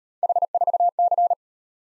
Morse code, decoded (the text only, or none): H4C